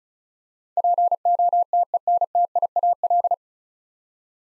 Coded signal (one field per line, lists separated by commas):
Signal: Morse code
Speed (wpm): 36 wpm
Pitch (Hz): 700 Hz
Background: none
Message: POTENTIAL